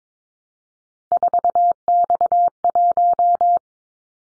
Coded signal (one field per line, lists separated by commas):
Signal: Morse code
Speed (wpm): 22 wpm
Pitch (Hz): 700 Hz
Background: none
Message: 4X1